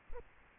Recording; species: mosquito wingbeat signal from an infrared sensor; Aedes aegypti